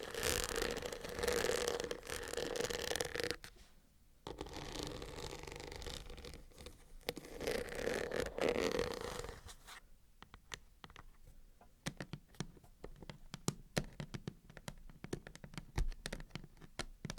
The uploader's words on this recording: Crisp and Bassy Microphone Unboxing. No Talking.